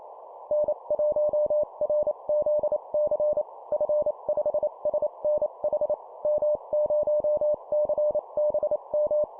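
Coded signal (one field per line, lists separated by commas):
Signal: Morse code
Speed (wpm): 28 wpm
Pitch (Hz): 600 Hz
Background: none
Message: N1RZC F5SNH M0CBM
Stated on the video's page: Morse call-sign copy practice at 25 wpm for improving CW copy speed.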